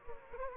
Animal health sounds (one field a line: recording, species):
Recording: mosquito wingbeat signal from an infrared sensor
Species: Anopheles gambiae